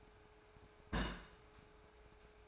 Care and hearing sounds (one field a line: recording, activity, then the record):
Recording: daily activity, microphone in the room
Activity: place on stove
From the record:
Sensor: 2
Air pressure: 1010.2 hPa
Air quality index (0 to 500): 161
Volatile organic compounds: 7 ppm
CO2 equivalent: 2023 ppm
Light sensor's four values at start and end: 41/98/44/50 and 41/98/44/50